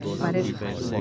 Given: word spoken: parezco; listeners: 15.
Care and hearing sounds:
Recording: one Spanish word in noise, from a listening test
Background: eight-talker babble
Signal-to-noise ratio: -0.2 dB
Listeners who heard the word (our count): 0 of 15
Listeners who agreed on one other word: 8 of 15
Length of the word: 0.61 s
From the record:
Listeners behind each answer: 8, 5, 1, 1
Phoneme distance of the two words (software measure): 34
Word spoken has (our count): 3 syllables, 7 phonemes, stress on syllable 2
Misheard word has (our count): 3 syllables, 7 phonemes, stress on syllable 2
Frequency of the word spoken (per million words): 1.80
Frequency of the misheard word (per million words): 23.55

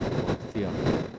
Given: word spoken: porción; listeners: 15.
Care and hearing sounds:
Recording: one Spanish word in noise, from a listening test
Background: noise modulated by three-talker babble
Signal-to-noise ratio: -6.2 dB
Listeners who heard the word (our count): 1 of 15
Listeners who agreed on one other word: 8 of 15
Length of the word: 0.79 s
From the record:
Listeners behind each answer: 8, 2, 1, 1, 1, 1, 1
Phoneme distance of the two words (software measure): 17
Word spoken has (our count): 2 syllables, 7 phonemes, stress on syllable 2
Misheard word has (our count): 2 syllables, 6 phonemes, stress on syllable 2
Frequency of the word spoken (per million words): 13.52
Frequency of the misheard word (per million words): 47.03

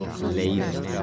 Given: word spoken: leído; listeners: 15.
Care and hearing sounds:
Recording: one Spanish word in noise, from a listening test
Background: eight-talker babble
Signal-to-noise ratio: 0.1 dB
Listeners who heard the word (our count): 1 of 15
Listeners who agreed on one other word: 8 of 15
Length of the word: 0.63 s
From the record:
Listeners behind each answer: 8, 2, 1, 1, 1, 1, 1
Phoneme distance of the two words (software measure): 14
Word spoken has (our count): 3 syllables, 5 phonemes, stress on syllable 2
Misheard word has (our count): 2 syllables, 3 phonemes, stress on syllable 2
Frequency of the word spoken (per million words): 25.21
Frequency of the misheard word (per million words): 8.18

